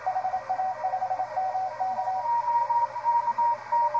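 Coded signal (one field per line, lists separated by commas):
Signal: Morse code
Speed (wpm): 27 wpm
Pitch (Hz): 750 Hz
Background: radio noise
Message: HA5MK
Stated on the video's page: CW reception test on a Patcomm PC-9000 CW transceiver.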